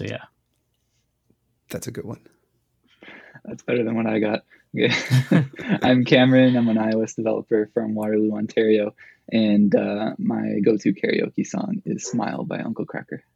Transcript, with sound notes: So yeah.
That's a good one.
That's better than what I got. (laugh) I'm Cameron. I'm an iOS developer from Waterloo, Ontario. And my go-to karaoke song is "Smile" by Uncle Cracker.